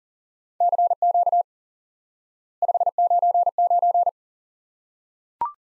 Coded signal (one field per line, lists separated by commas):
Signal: Morse code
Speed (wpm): 40 wpm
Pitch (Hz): 700 Hz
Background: none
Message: CQ 599